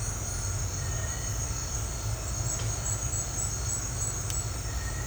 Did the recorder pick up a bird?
no